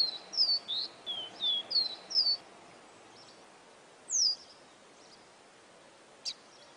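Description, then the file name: Seedeater giving a brisk run of high whistled notes, then a lone slurred note and a short click, against steady hissing background noise. Amazon region. "caboclinho da amazonia"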